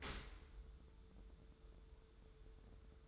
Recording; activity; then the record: daily activity, microphone in the room; open dishwasher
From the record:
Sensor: 3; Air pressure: 1014.9 hPa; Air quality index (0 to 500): 33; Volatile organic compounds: 1 ppm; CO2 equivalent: 550 ppm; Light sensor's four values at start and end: 11/26/11/11 and 11/26/11/11